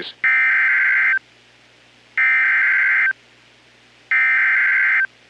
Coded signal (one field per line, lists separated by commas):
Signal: Emergency Alert System (SAME) tones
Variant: header bursts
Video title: TONED Special Weather Statement??? | 6/26/2025 (EAS #1,430-39)